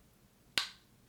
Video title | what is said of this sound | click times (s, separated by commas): HAUS LABS Triclone Skin Tech FOUNDATION & Bio-Blurring POWDER REVIEW...OILY SKIN...NAAH??!! | satisfying click and that tells you that it's clicked in place | 0.6 s